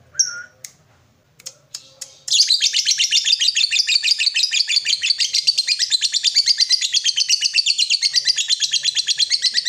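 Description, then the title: Yellow-vented bulbul call: a few scattered sharp notes, then a fast, continuous stream of high, rhythmic chirps that carries on to the end. Used as a bird lure (pikat). "PIKAT TRUCUKAN"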